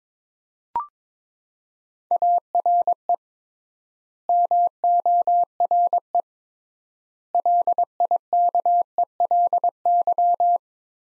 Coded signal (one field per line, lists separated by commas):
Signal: Morse code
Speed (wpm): 22 wpm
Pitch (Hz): 700 Hz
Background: none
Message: ARE MORE LIKELY